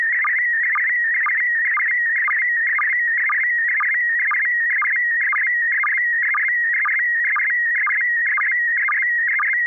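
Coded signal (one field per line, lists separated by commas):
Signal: SSTV (slow-scan television)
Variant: PD120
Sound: continuous warbling tone around 2 kHz with short low chirps twice a second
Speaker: Okay, I have a picture. This is going to be PD120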